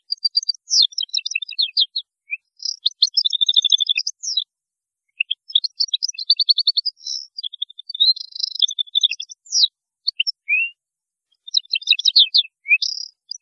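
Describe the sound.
European goldfinch song, long bubbling sequences of high twittering notes, trills and buzzy slurs, delivered in several bursts separated by short pauses.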